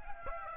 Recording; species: mosquito wingbeat signal from an infrared sensor; Aedes aegypti